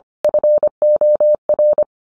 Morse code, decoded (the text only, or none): FOR